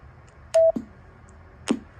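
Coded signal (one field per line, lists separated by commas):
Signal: roger beep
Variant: RCI 2995DX low-tone beep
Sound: key click, one short low beep about 650 Hz, then unkey thumps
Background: faint radio hiss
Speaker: not a very vat very like high pitched roger b whatsoever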